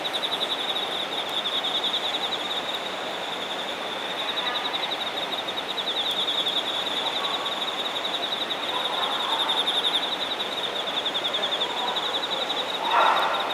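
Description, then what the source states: Insects keep up a continuous high pulsing trill with intermittent very high buzzes, against steady noise; a short louder rustle sounds at the end. Singing insects in Shinagawa, Japan.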